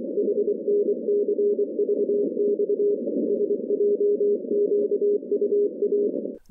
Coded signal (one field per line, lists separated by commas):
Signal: Morse code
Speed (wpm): 24 wpm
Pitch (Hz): 410 Hz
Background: none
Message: HNCVX SJQUA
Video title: 170 Meter Shortwave Band